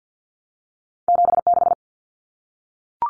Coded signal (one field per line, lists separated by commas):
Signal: Morse code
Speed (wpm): 50 wpm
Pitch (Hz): 700 Hz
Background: none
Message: 76